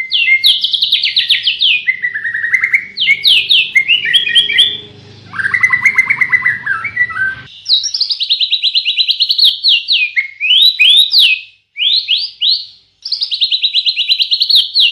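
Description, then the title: White-rumped shama singing a varied run of high swept whistles and fast trills, with a lower buzzy stretch partway through, brief pauses later on, and a faint low hum under the first half. Tutor (masteran) recording for training cage birds. "Masteran Murai Batu"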